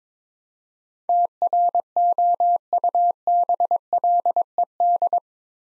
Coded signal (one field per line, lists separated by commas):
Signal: Morse code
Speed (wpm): 22 wpm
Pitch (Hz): 700 Hz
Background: none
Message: TROUBLED